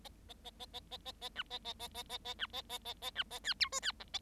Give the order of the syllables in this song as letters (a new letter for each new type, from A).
A A A A A A A A B A A A A A A B A A A A B A C D E C F A